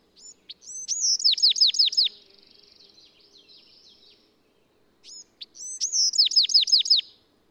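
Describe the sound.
Bewick's wren song, twice: brief introductory notes, then a series of about six clear descending slurs, the first song trailing into a softer buzzy tail.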